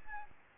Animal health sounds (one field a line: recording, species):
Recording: mosquito wingbeat signal from an infrared sensor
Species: Aedes albopictus